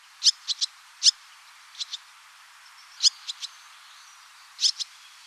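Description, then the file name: Barn swallow giving sharp, high clipped calls, singly and in pairs and triplets, separated by pauses of about half a second to a second over a steady background hiss. "hirondelle rustique"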